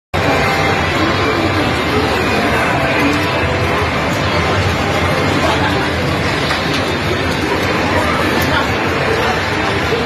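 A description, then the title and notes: A Tokyo arcade fills with a dense, steady wall of noise, blurred voices and chatter layered over constant bright machine sounds throughout. Arcade in Tokyo Japan.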